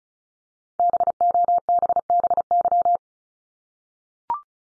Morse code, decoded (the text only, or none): BOBBY